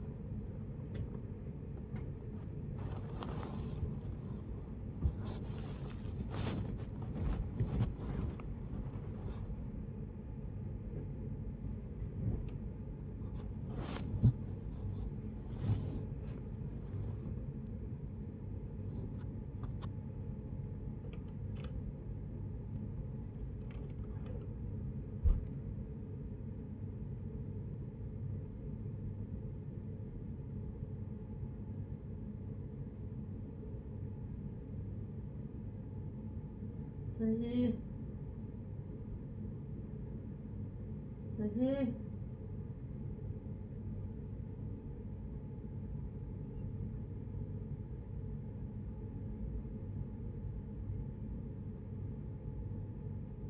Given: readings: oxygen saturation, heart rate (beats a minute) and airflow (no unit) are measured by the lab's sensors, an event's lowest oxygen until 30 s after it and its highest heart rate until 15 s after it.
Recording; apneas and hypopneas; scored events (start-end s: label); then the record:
a person awake in a sleep study, by a smartphone at the bedside; none
0.00-53.50 s: awake
0.00-53.50 s: awake
From the record:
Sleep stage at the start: awake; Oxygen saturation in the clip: 92 to 97%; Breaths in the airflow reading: 13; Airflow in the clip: -13.8 to 16.1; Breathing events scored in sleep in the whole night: 496 in 5.4 hours asleep